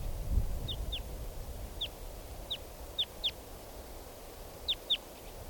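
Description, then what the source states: Red Crossbill (type 2): red Crossbill calls, short downward-slurred notes, singly and in pairs, spaced irregularly, with a brief low thud at the start and quiet hiss behind. Lone type 2 bird left sitting after a type 4 bird flew off.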